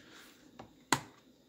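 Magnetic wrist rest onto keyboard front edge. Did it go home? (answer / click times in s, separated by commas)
yes / 0.9 s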